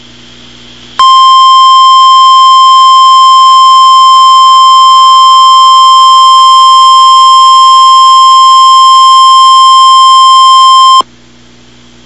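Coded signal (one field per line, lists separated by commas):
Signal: Emergency Alert System (SAME) tones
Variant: 1050 Hz attention tone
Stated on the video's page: Real NOAA Weather Radio EAS alert for a tornado watch.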